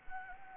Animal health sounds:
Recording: mosquito wingbeat signal from an infrared sensor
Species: Anopheles gambiae

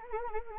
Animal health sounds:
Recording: mosquito wingbeat signal from an infrared sensor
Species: Anopheles arabiensis

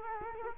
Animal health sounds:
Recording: mosquito wingbeat signal from an infrared sensor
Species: Culex quinquefasciatus

